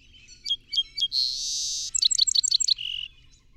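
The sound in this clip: Song sparrow singing: three bright introductory notes, a sustained buzz, a quick run of trilled notes, then a lower drawn-out ending.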